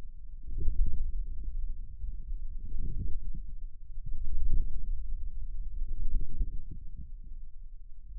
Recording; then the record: forearm muscle sounds (acoustic myography)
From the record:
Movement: radial deviation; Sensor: system 2, bracelet of six BSWA MPA416 microphones around the upper forearm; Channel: 6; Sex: male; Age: 22 years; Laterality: right